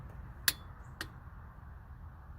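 A click-type torque wrench set to 12 ft-lb tightens the AC compressor clutch hub bolt on a 1994–2002 Mustang GT, with the compressor left in place. The wrench gives a sharp click at 0.5 s, followed by a fainter tick at 1.0 s over a steady low hum. The click confirms the bolt has reached the 12 ft-lb setting.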